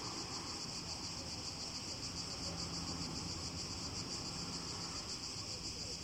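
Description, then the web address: Cicadas singing: a continuous, high, shimmering buzz with a fast pulsing texture, steady throughout, over a low background rumble. Greece, 29 July 2015. "cigales. grece"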